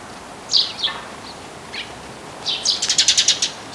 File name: Passer montanus